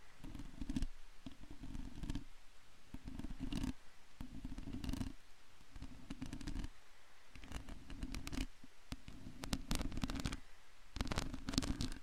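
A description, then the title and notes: Long nails scratch a microphone in bursts of rough, low rasping, each stroke lasting about half a second to a second with short gaps between. Sharp bright ticks and crackles break through the scraping throughout, growing denser and louder near the end. Brain Melting Long Nail Mic Scratching ASMR! (No Talking).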